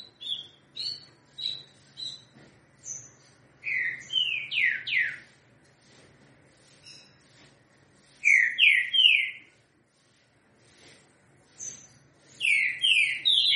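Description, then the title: Green-winged saltator giving short, sharp high notes in a series, then loud, rich descending whistled phrases of a few notes, repeated after pauses. Three-note song style, called 'trinca-ferro 3 notas com boi'. "Canto De Trinca Ferro Voz 10. TRINCA=FERRO 3 NOTAS COM BOI"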